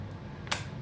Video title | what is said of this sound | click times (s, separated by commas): Perfect for your travels. Ample space, stylish, practical and durable. | push them right in, and you'll hear it click. | 0.5 s